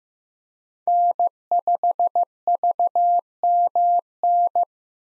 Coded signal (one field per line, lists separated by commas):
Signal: Morse code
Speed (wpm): 15 wpm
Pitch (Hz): 700 Hz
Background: none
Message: N5VMN